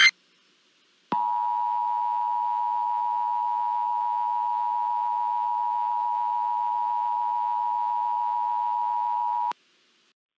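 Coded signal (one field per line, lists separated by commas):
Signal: Emergency Alert System (SAME) tones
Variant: 853 and 960 Hz attention tone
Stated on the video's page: Simulated EAS scenario alert for a La Palma tsunami affecting the North Atlantic; loud.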